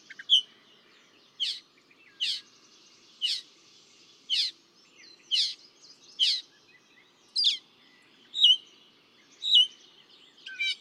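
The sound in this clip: Northern mockingbird song: a sharp whistled note repeated about once a second, with brief varied phrases near the end.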